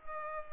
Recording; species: mosquito wingbeat signal from an infrared sensor; Culex pipiens